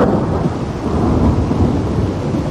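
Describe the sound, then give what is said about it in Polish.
A loud, deep rumble of thunder rolls on without a break, heavy and low, with a hiss like falling rain mixed in underneath. No voices. “Jak są bardzo głośne pioruny, to strasznie się boimy i zaczynamy się zastanawiać, czy dobrze się zabezpieczyliśmy.”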